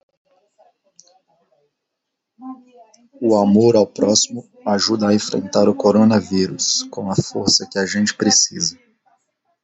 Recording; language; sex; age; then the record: spoken sentence; Brazilian Portuguese; male; 40 to 49 years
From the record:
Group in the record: control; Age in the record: 40 years